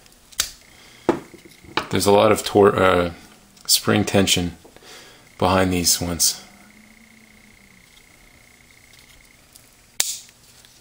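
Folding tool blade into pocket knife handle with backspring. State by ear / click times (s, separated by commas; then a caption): seated / 10.0 s. A tool on a Victorinox Soldier steel multi-tool pocket knife is folded into the handle against strong backspring tension while someone talks. It snaps shut into position with one sharp, loud hit at 10.0 s, a healthy snap.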